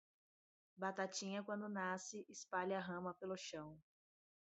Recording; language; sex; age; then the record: short text; Brazilian Portuguese; female; 20 to 29 years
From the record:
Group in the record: control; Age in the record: 28 years